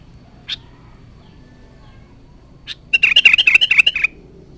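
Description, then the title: Sooty-headed bulbul with two isolated sharp notes, followed by a rapid, bubbly phrase of about eight slurred notes lasting a second. "Kutilang"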